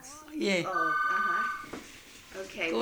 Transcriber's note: a telephone rings